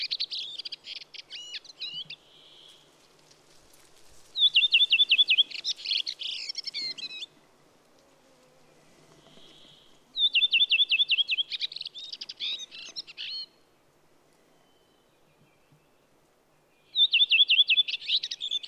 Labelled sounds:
Redwing song
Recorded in the wild
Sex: male
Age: adult
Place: Halbinsel Kindo, Karelien, RU
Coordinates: 66.55, 33.1
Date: 1998-06-21 21:50
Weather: clear, 12°C, weak easterly winds
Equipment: Aiwa HD-S1, Telinga Pro 5
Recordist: Frommolt, Karl-Heinz

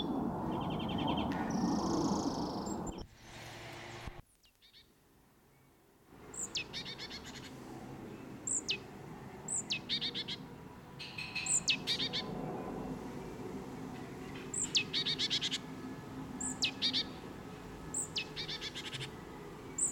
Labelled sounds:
Great Tit song
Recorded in the wild
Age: adult
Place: Kaiserslautern, Rheinland-Pfalz, DE
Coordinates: 49.4372, 7.80972
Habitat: garden
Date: 1975-05-03 15:30
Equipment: Nagra IV, Sennheiser MKH 405, Parabolreflektor
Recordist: Tretzel, Erwin

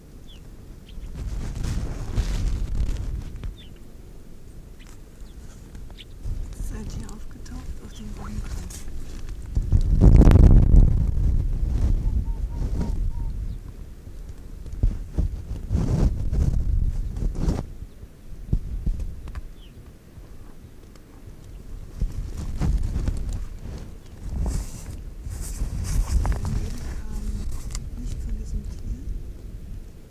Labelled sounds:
Arctic Fox
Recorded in the wild
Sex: male
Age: adult
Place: Insel Mednyi, Kommandeur-Inseln, RU
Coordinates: 54.5167, 168.083
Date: 1999-07-12 18:10
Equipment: Sony WM-D6C, Sennheiser ME 80, K 30 AV, Windkorb, Kopie Sony TCD-D8
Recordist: Jakupi, Antje
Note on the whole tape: Südosten der Insel, Haupttal, weisse Stange: Wechselbellen von Rüden grün/grün 68 und Rüden violett/grün 71. Beide Tiere laufen aufeinander zu. Weiter entfernt Bellstrophen eines anderen Tieres

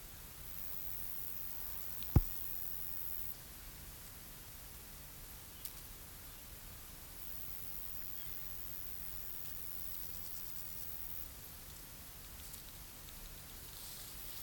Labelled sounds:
Meadow Grasshopper stridulation
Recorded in the wild
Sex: male
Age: imago
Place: Treuchtlingen, Heumöderntal, Bayern, DE
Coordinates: 48.96, 10.91
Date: 1993-09-22 14:51
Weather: heiter, 23°C
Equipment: Marantz CP 430, Sennheiser MKH 416 T, Kopie Uher Variocord 263
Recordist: Tembrock, Günter

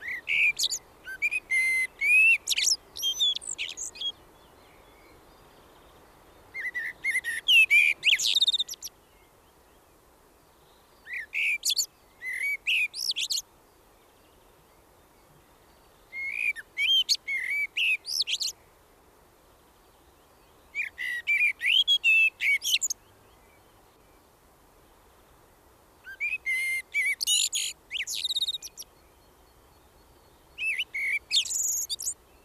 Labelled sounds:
Common Blackbird song
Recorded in the wild
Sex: male
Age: adult
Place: Garmisch-Partenkirchen, Bayern, DE
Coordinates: 47.4928, 11.0769
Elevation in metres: 706
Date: 1968-04-21
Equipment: Nagra
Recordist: Tretzel, Erwin

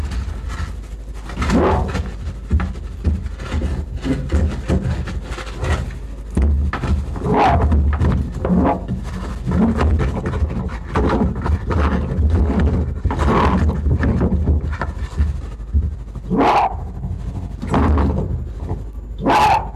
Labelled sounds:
Arctic Fox
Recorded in captivity
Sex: male
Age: adult
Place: Zoologisches Institut der HUB, Berlin, DE
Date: 1957-03-13 17:30
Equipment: Elmetra
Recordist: Tembrock, Günter

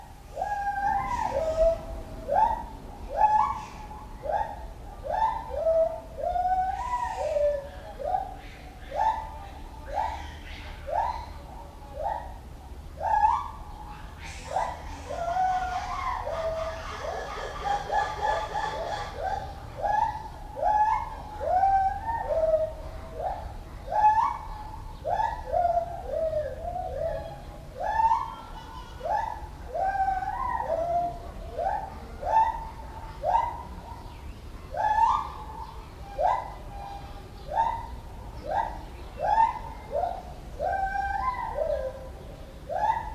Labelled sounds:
Black-and-white Ruffed Lemur
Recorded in captivity
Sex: pair
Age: adult
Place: Zoo Berlin, Berlin, DE
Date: 1994-06-11
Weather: heiter, 12-17°C
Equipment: Marantz CP 430, Sennheiser ME 80, Kopie Uher Variocord 263
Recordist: Tembrock, Günter

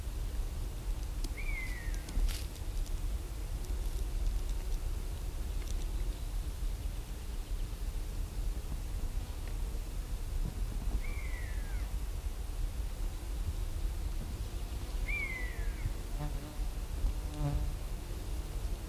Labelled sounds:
Common Buzzard flight call
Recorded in the wild
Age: adult
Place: Huywald, Huy, Sachsen-Anhalt, DE
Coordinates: 51.9486, 10.9519
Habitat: Hochwald
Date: 1971-07-11 13:15
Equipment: Uher 4200 Report-S, Tesla Verstärker, Sennheiser MD 421
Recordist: Tembrock, Günter

